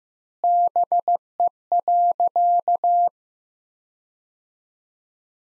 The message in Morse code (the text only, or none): BE.